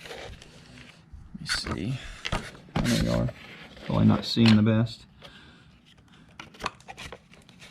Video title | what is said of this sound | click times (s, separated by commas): Yakima roof rack Silverado!!!! | that locks into place so now just take | 6.4 s